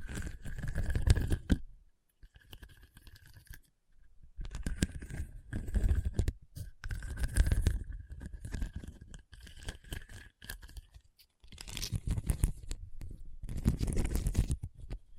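Scratching on a hard, bumpy surface comes in bursts of rough, gritty strokes, each lasting one to three seconds with short silent gaps between. The strokes have a thick low rumble and a faint steady whine running through some of them, and the last two bursts are the loudest.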